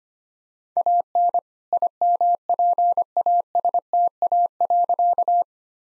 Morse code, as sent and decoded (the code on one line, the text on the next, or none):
.- -. / .. -- .--. .- ... - .- .-.-.-
AN IMPASTA.